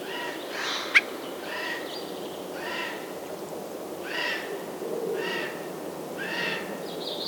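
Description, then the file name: Eurasian jay giving harsh, rasping calls, about six short screeches spaced roughly a second apart over a steady background hiss. "Garrulus glandarius"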